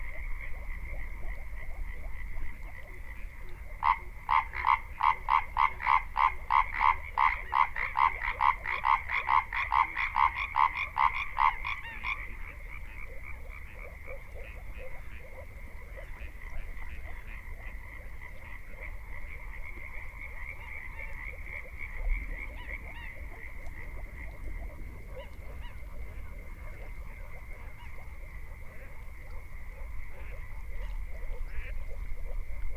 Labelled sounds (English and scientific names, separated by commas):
Common Tree Frog (Hyla arborea) call